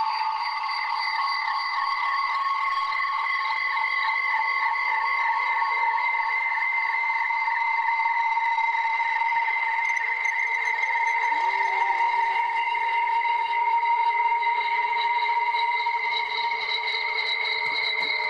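A huge feedback howl built up from echoes of echoes rings at a steady level throughout. Several sustained tones sound together, a strong mid whine with brighter whistles above, wavering slightly. Around eleven seconds a lower tone swoops upward and settles beneath them.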